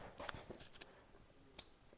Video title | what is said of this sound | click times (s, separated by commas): Can’t Make Fire Without a Spark! How to Install a Small Block Chevy Distributor! #howto | that little click there's your number one | 0.3 s